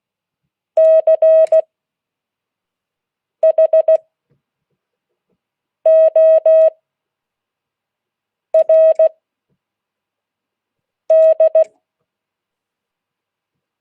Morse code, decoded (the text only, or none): CHORD